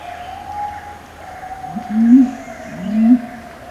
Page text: Mountain Imperial Pigeon. Quick Sounds